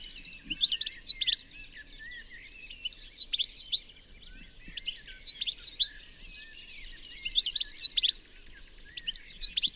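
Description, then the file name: European goldfinch twittering in bursts of quick, liquid, tinkling notes, each burst lasting about a second, repeated roughly every two to three seconds. "Carduelis carduelis"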